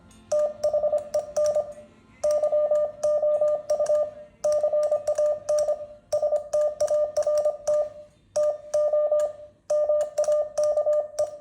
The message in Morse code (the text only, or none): THEN YOU CAN START TO MAKE